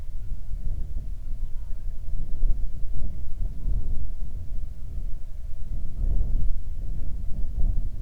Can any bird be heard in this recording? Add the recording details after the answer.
no. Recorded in the Prudhoe Bay oil fields, Alaska, on 31 July 2019 at 07:37. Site 24